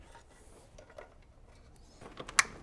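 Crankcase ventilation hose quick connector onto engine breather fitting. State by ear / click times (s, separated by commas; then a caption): seated / 2.4 s. A crankcase ventilation hose quick connector, lubricated with silicone, is pushed onto the engine breather fitting of a straight-six BMW E46 325i Touring. Faint scrapes and ticks around 0.8 to 1.0 s and small clicks at 2.2 and 2.3 s lead to one sharp, loud click at 2.4 s as the connector latches. The connector seats with a positive click.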